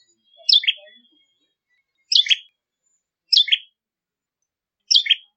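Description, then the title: Bar-winged prinia song: four bright chirps, each stepping from high to lower, spaced a second or more apart with silence between. "Suara Ciblek Kristal"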